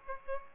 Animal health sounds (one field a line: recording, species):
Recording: mosquito wingbeat signal from an infrared sensor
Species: Aedes aegypti